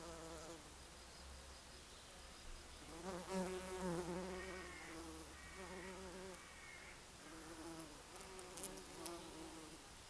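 Bumblebee buzz, a wavering low drone that swells louder and shifts pitch repeatedly, with a faint low rumble and a few soft clicks behind.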